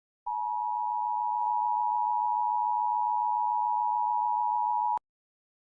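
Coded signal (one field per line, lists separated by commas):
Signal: Emergency Alert System (SAME) tones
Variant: 853 and 960 Hz attention tone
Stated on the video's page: Fictional EAS scenario, not a real alert.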